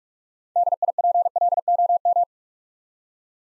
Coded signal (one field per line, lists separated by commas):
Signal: Morse code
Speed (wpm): 44 wpm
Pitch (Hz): 700 Hz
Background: none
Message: DIPLOM